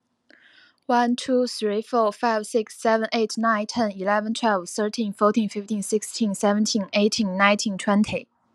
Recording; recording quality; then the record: counting at a fast pace; excellent, no background noise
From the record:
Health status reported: healthy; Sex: female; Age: 28 years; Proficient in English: yes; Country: United States